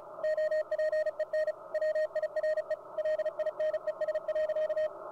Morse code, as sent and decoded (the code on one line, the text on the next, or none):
--- .--. . -. / .-- .. .-. . / .-.. .. -. . ... .-.-.-
OPEN WIRE LINES.